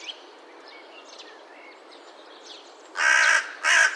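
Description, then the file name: Carrion crow giving two harsh, grating caws at the end after quiet seconds with faint bird notes. "Corvus corone"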